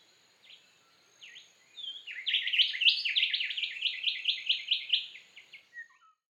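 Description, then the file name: Rufous whistler song: a few soft introductory whistles, then a fast, loud series of repeated swooping whistled notes lasting about three seconds before fading out. "Rufous Whistler Pachycephala rufiventris"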